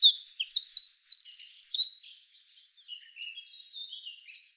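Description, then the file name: Eurasian wren song, a loud rush of very high notes with a rapid trill, then softer scattered twitters after a brief pause. "Troglodytes troglodytes"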